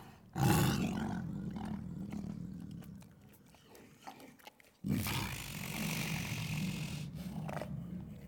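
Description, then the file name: Tiger making deep, rough sounds in two long bursts separated by a quieter gap. Tiger recorded while eating. "Digiffects Sound Effects Library - Tiger Eating"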